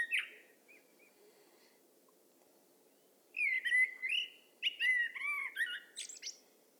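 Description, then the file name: Common blackbird singing: a brief fluted note, a pause, then a long rich warbling phrase ending in thin squeaky high notes. "Turdus merula"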